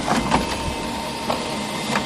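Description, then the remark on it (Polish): An office printer or copier runs with a steady mechanical whir and hum, punctuated by a few rhythmic clicks and clunks as paper feeds through, with no voices. “Do tego możemy jeszcze uzyskać odgłos drukarki czy kopiarki.”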